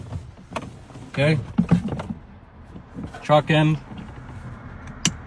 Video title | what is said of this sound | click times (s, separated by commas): 2022 Digital Cluster in a 2011 F250 | Positive click. | 5.0 s